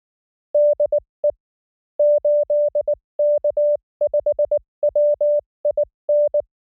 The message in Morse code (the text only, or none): DE 8K5WIN